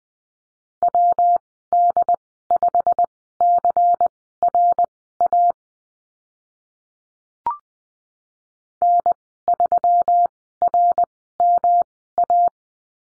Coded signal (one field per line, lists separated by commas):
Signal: Morse code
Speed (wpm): 20 wpm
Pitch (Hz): 700 Hz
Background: none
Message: WD5CRA N3RMA